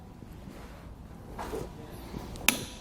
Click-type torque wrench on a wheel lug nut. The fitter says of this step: Let's see how far we have to go till it clicks.